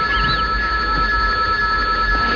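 A telephone rings with a steady, high electronic tone that holds unbroken for a couple of seconds over a low background hum, with no voices.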